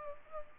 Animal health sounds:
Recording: mosquito wingbeat signal from an infrared sensor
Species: Culex pipiens

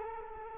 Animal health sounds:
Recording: mosquito wingbeat signal from an infrared sensor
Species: Culex quinquefasciatus

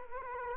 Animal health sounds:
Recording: mosquito wingbeat signal from an infrared sensor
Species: Culex quinquefasciatus

